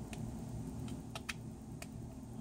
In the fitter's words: that snap so this one creating a better seal because it's just way newer